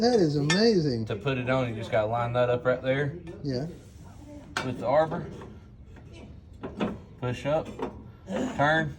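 A metal mower blade is lined up on the quick-attach arbor of a Cub Cadet XT2 mower deck, ready to be pushed up and turned to lock. Someone talks while soft handling noises and a few light metallic taps are heard. Nothing has seated or clicked into place yet.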